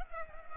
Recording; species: mosquito wingbeat signal from an infrared sensor; Culex pipiens